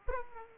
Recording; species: mosquito wingbeat signal from an infrared sensor; Aedes aegypti